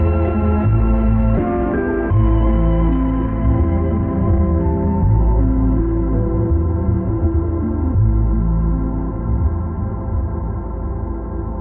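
An experimental noise piece built from a thick, steady wall of layered droning tones, heavy in the low end, with a metallic, gong-like ring. Pitches shift and swap every second or so while the loudness stays constant, and nothing reaches into the highest registers.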